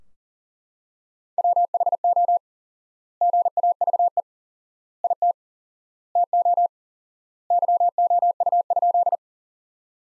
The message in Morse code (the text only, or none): WHO GAVE IT TO YOU?